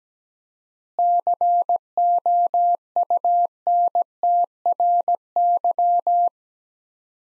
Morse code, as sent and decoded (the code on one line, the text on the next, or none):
-.-. --- ..- -. - .-. -.--
COUNTRY